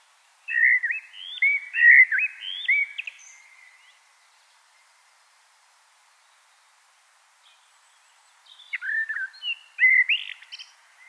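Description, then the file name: Common blackbird song: mellow warbling phrases with rising and falling whistles, in two bursts separated by several seconds of quiet. "Turdus merula"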